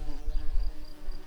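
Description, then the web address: Tree bumblebee buzzing, a steady low hum with faint harmonic overtones above it, swelling and fading slightly in loudness throughout. Queens. "Hypnorum queens"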